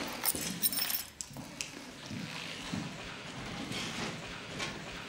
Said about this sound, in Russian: Берет со стола ключи.